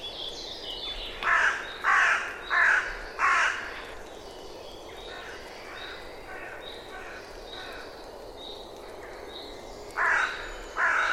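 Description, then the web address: Bird giving harsh cawing calls, four in quick succession about once every 0.7 seconds, a long pause, then two more. "Deverinetal 2025 File origin Bird Only"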